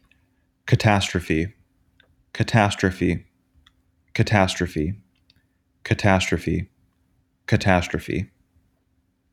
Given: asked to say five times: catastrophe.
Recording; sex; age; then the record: repeated word; male; 20 to 29 years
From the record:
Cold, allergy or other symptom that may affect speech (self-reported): no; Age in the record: 22 years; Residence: Tennessee, United States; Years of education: 12